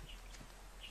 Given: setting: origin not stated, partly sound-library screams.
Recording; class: one-second piece from a danger detection set; normal situation